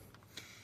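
A plastic connector peg on a transforming combiner toy robot (a KO Engineering Gravity Builder, G2 Devastator) is pushed into a matching socket on another figure. Two faint taps come at about 0.1 and 0.2 seconds, then a sharper, brighter click at 0.4 seconds as the peg locks into the socket with a friction lock.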